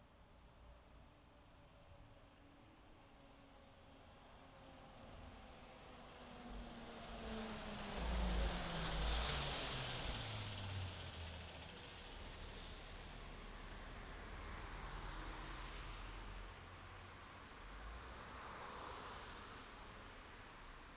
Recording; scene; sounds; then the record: everyday scene through a hearing-aid microphone; in traffic; traffic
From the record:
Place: city secondary road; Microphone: in the ear canal, left